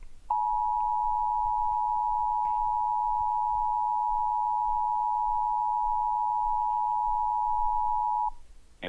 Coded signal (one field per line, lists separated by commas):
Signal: Emergency Alert System (SAME) tones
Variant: 853 and 960 Hz attention tone